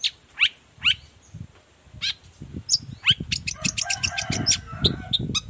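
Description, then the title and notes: Long-tailed shrike song begins with spaced sharp notes, then becomes a rapid, dense chatter of clicks and chirps over low rumbling background noise. Singing actively in the morning with varied 'toet toet' notes; recording used as a lure so other shrikes of any kind reply quickly and open their beaks. "Cendet Gacor Dor Di Kala Pagi Toet Toet Variasi Suara. Cendet Gacor Efektif Pancingan Buat Cendet Jenis Apapun Agar Cepat Nyaut Buka Paruh. Burung cendet"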